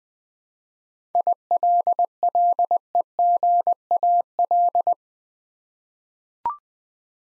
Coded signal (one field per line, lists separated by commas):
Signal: Morse code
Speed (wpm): 20 wpm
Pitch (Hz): 700 Hz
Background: none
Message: ILLEGAL